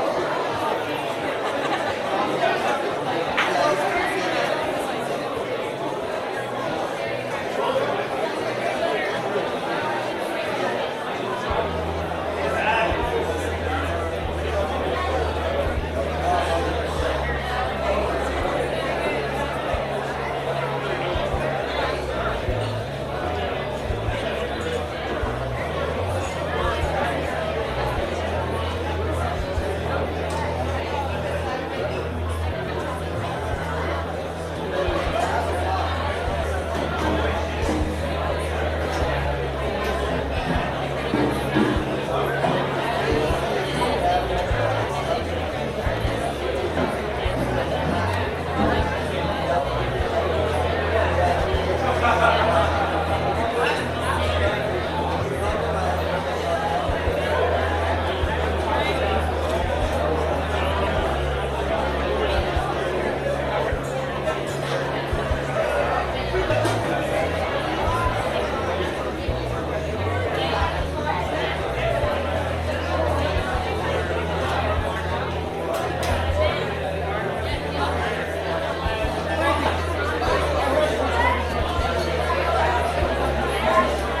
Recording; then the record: background sound without coughing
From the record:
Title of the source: CITY SOUNDS Busy Bar in the Evening Night - 2 HOURS of Ambiance for Relaxation